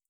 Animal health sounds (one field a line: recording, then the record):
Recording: hydrophone in a shrimp aquaculture tank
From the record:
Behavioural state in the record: feeding